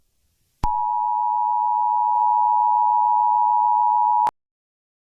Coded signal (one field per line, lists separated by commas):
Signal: Emergency Alert System (SAME) tones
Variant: 853 and 960 Hz attention tone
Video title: The aftermath(a Jurassic Park novel eas scenario) along horror